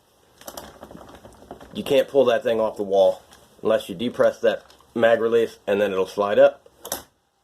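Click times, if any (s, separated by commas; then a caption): 6.9 s. An AR rifle is placed back onto a wall-mounted magazine-well holder in a gun safe, with the mount's plug seating in the mag well and catching on the magazine release. Someone talks, then a sharp double click at 6.8 and 6.9 seconds marks the mag well locking back in.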